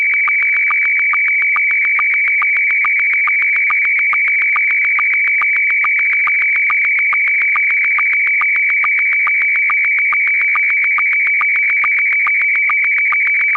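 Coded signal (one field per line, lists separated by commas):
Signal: SSTV (slow-scan television)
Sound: steady high warbling tone with rapid regular clicks and periodic low sync blips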